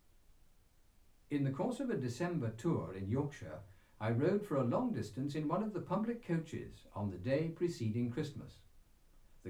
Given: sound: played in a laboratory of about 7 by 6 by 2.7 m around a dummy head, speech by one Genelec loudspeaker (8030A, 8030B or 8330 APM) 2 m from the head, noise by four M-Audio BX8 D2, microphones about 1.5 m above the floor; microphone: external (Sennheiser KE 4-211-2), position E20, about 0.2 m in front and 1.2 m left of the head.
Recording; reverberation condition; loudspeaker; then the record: male speech in English; low; 90 degrees to the right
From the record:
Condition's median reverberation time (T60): about 310 ms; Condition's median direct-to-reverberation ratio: about 3.5 dB